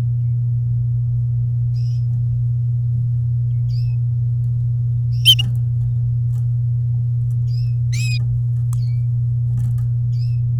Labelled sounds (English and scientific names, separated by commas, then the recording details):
Domestic Canary (Serinus canaria) song
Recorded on 11 May 2018 at 10:12
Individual llb16